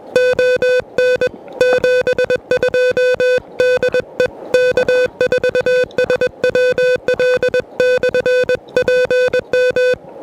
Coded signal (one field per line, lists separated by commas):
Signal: Morse code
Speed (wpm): 20 wpm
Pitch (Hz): 500 Hz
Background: music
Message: ON 72 DE K4SWL/PM